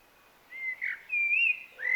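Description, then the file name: Common blackbird song, clear fluting whistles rising and falling in two or three smooth phrases, with a faint hiss behind. "Turdus merula"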